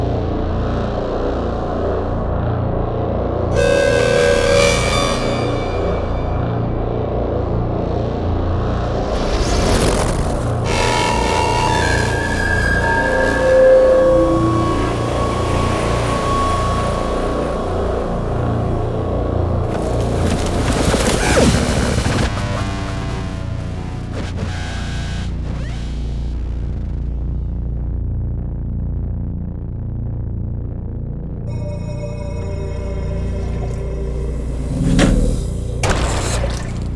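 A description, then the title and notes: A dense, low cinematic drone rumbles throughout while metallic tones and whooshing bursts rise over it. Bright sweeping impacts hit near 4, 10, 12 and 20 seconds, and a rapid, pulsing texture sets in after 22 seconds. Sharp glitchy accents close it around 32–36 seconds. Spectral Line - Cinematic Trailer Sounds. Ambiences, evolving soundscapes, nervous drone sounds, cinematic SFX, impacts, meticulously recorded synth sequences, textures, energetic transitions.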